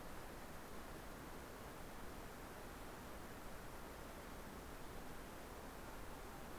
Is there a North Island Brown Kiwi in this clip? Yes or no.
no